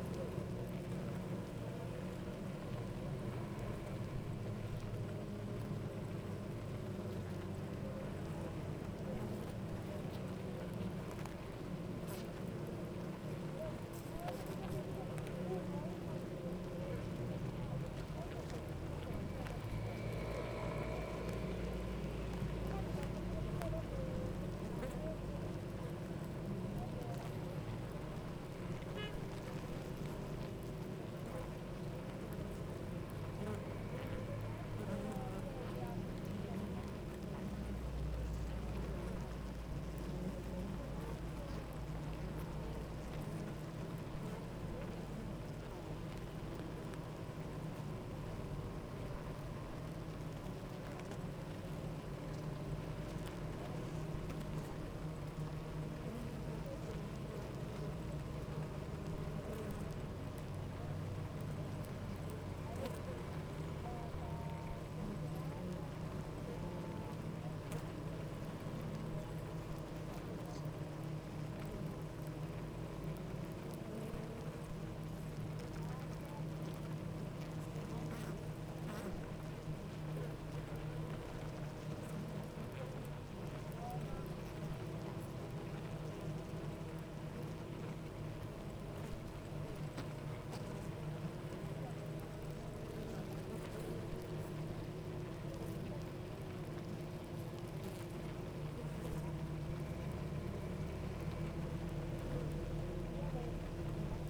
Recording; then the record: honeybee colony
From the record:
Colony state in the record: active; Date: 28 July 2017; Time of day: 9:00